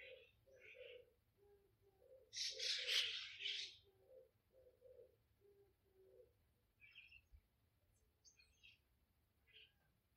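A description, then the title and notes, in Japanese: Birds call in a garden, as they do every morning. A low, cooing voice repeats in short regular pairs through the first six seconds, while a loud bright chattering burst comes around the third second. Sparse high chirps follow, over a faint steady low hum. 毎朝庭で聞こえる鳥の声を録音しました。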